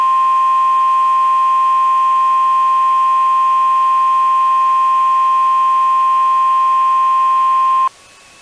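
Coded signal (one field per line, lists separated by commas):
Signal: Emergency Alert System (SAME) tones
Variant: 1050 Hz attention tone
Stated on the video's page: Mock EAS for a severe thunderstorm event, with NWR EAS tone endings borrowed.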